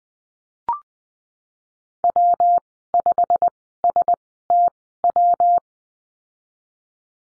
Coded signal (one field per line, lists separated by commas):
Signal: Morse code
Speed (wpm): 20 wpm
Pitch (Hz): 700 Hz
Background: none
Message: W 5 S T W